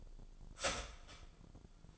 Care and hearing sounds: daily activity, microphone in the room; start toaster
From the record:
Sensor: 5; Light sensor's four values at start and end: 89/235/96/101 and 89/235/96/101

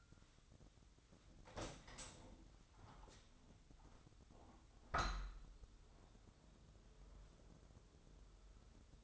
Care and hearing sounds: daily activity, microphone in the room; open window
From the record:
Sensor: 3

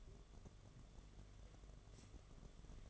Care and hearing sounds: daily activity, microphone in the room; take from stove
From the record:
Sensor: 4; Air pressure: 1011.2 hPa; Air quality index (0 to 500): 141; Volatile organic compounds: 3 ppm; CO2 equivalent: 1446 ppm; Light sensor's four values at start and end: 223/582/246/258 and 197/513/217/226

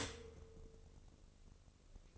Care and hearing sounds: daily activity, microphone in the room; stop toaster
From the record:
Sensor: 4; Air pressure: 1007.8 hPa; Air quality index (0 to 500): 103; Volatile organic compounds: 1 ppm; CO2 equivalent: 763 ppm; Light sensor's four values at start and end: 9/21/8/9 and 9/20/8/8

